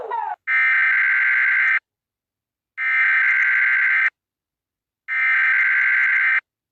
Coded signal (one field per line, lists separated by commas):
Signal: Emergency Alert System (SAME) tones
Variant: header bursts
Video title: Rating EAS alarms Part 4! but i added the languages that they speak